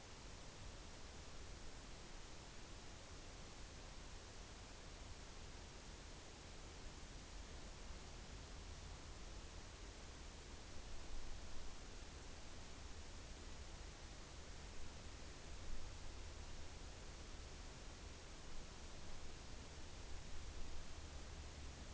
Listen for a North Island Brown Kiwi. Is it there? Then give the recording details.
no. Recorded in New Zealand on 6 June 2014. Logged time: 02:19